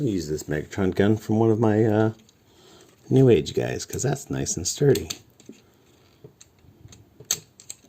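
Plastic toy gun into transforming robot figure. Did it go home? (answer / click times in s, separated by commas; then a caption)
no / none. Someone talks while fitting a plastic Megatron gun, borrowed from another action figure because it is nice and sturdy, into a Transformers MP 52 Starscream transforming jet figure (possibly a knockoff), apparently as a stand or support. After the talking, quiet plastic handling follows, with small sharp taps and a louder snap-like tick near 7.3 s. Nothing has seated or clicked into place yet.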